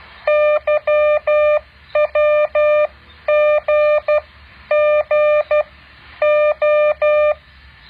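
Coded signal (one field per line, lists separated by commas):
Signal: Morse code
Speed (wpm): 12 wpm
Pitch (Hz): 600 Hz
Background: none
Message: YWGGO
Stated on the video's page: Morse code exercise.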